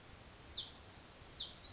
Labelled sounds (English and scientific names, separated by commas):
Hutton's Vireo (Vireo huttoni)